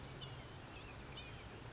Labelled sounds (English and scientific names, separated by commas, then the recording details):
Blue-gray Gnatcatcher (Polioptila caerulea)
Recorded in Sonoma County, California